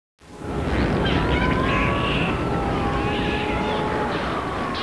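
Dolphin whistles, long steady and gently sliding tones, faint against a constant loud underwater hiss and rumble.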